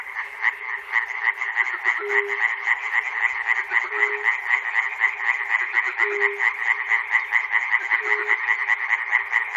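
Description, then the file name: Frog chorus of fast, steady croaks packed together without pause, with a short lower note recurring about every two seconds. Recorded at Chernobyl. "peter cusack-chernobyl frogs"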